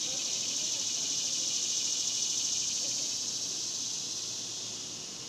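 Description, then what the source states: Cicadas in a steady, dense buzzing chorus, high and hissing with a fast pulsing texture, easing slightly quieter toward the end. Several cicadas recorded outdoors in the daytime in a cemetery in summer.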